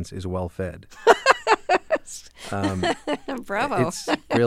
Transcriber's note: laughter